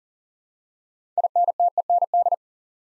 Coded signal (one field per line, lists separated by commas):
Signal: Morse code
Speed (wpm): 40 wpm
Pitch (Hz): 700 Hz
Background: none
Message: INTEND